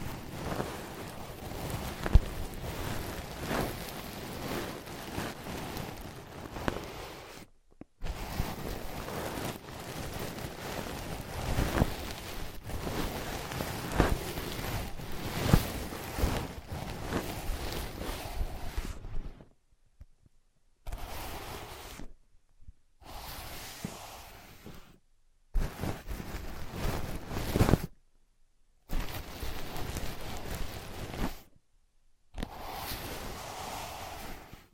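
Tapping, scratching and tracing on ear pads make a dense, crackly rustle that runs almost without a break for the first twenty seconds, with a short silence near eight seconds. After that it comes in brief bursts of a few seconds each, split by clean silences.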